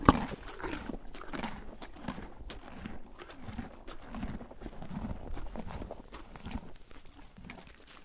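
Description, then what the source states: Horse munching: steady, wet crunching and grinding that repeats unevenly, then eases off toward the end. Horse eating a carrot, munching.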